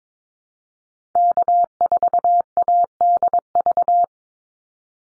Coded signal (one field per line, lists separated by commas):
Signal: Morse code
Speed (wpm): 22 wpm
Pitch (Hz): 700 Hz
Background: none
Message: K4ADV